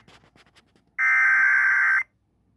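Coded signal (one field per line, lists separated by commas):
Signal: Emergency Alert System (SAME) tones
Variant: header bursts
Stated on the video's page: Real severe thunderstorm warning EAS on KSCS 96.3 FM HD1, received on an Insignia NS-HDRAD2 HD Radio in a fringe area.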